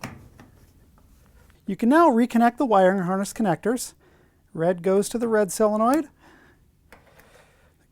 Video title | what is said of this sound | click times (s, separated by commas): How To: Frigidaire/Electrolux Water Inlet Valve 134371220 | and you'll push it into place until it snaps in | 0.0 s